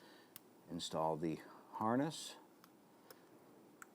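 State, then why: Seated. A plastic wiring harness connector is pressed onto an ignition coil on a 2011-2021 Jeep Grand Cherokee while someone talks. A few faint ticks sound at about 0.4, 2.6 and 3.1 seconds. A sharp click at 3.8 seconds marks the connector seating on the coil.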